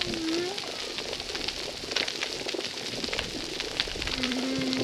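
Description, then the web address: Humpback whale moans: a brief tone at the start and a steady flat tone near the end, surrounded by dense crackling snaps. Humpback whales recorded at a reef site called Recif 10; recording filtered. "Brigitte RECIFS Recif 10 Humpback Whales"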